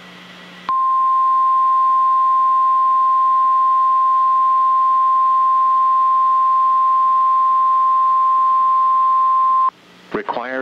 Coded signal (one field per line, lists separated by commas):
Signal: Emergency Alert System (SAME) tones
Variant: 1050 Hz attention tone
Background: speech